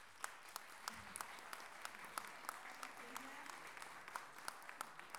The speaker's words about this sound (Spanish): por favor, un aplauso bien grande